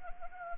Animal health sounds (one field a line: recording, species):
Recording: mosquito wingbeat signal from an infrared sensor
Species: Anopheles arabiensis